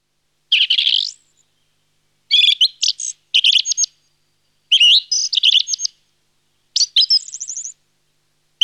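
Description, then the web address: Song thrush singing: bright, varied high phrases, several with a note repeated quickly two to four times, separated by short pauses. "Laulurastas. nauhalaisen aanimaailmat"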